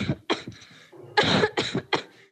Here is a cough of a healthy individual. This recording comes from a 2020 study at the Massachusetts Institute of Technology.